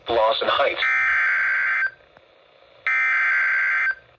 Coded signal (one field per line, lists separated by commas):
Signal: Emergency Alert System (SAME) tones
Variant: header bursts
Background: speech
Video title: EAS ALERTS 5923-5934 FROM 06/29/24